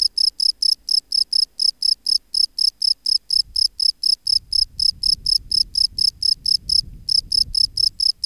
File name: Bio Acoustica Gryllus campestris